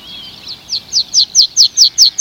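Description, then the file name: Meadow pipit giving a short run of high, sliding notes that swell in loudness and repeat at a quick, steady pace. "graspieper"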